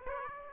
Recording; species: mosquito wingbeat signal from an infrared sensor; Aedes aegypti